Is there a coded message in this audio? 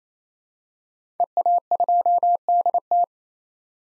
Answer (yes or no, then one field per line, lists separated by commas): yes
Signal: Morse code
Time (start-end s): 1.2-3.0 s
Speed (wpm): 28 wpm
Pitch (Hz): 700 Hz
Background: none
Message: EA2DT